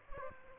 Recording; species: mosquito wingbeat signal from an infrared sensor; Aedes aegypti